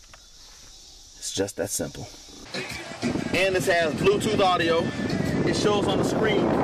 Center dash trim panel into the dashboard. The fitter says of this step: then the left part left side clicks in place it's